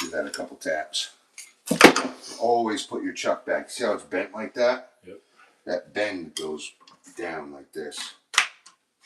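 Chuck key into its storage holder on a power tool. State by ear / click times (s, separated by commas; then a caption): seated / 8.4 s. A metal chuck key, first tapped straight where it was bent, is pushed back into its storage holder on a power tool while someone talks. A short, sharp click at 8.4 s marks the key seating firmly in the holder so it will not pop out and get lost.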